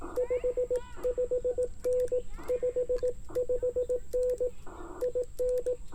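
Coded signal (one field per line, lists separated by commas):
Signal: Morse code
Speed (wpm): 19 wpm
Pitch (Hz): 500 Hz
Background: radio noise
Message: 55N 55N IN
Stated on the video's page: 18 WPM CW park activation using an IC-705 with Ashi paddle, homebrew 49:1 inverted-L on a 31 ft pole, battery powered.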